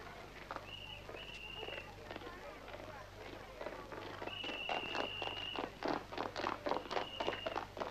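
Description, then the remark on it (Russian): Two people run past a shop called "Polipov and Son", quick running footsteps thudding in a steady rhythm, growing louder toward the end, over a low background hum with brief high, steady whistling tones. “бегут мимо магазина «Полипов и сын».”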